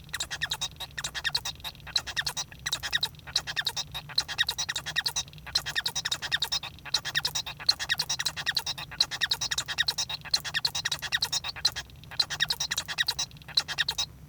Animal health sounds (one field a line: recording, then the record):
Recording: song of a male Bengalese finch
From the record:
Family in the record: son of father 1